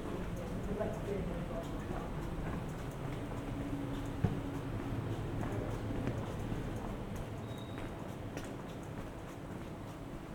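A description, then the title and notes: A walk through Piran, Slovenia: a steady, dense low rumble like passing traffic fills the whole stretch, with faint murmurs of voices underneath. Light ticks scatter throughout, a sharp knock stands out around four seconds, and a brief thin tone sounds near eight seconds. Walking through Piran, Slovenia. Recorded with binaural microphones Roland CS10EM, on my head, with a Zoom H1n.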